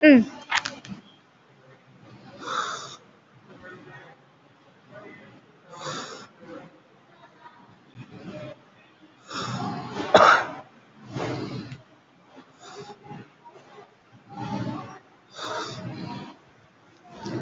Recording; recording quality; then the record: deep breathing; excellent, no background noise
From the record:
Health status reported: COVID-19 positive, moderate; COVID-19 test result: positive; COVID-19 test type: RT-PCR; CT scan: taken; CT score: 5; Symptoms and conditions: cough, cold, breathing difficulty, sore throat, fever, fatigue, diarrhoea, another respiratory illness, hypertension, diabetes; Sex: male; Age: 72 years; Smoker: no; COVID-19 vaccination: both doses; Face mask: worn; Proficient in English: yes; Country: India